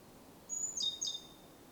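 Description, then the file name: Great tit call: one brief burst with a high thin whistle dropping into two or three sharp lower chips, against faint background hiss. "Parus major"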